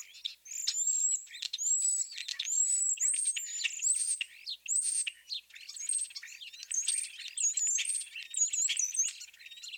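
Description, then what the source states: European Starling typical vocalizations: high slurred whistles and squeaky notes in quick bursts, mixed with clicks, running continuously throughout. Typical complex vocalizations of the starling, a talented mimic; wolf whistle notes especially helpful for recognizing the species.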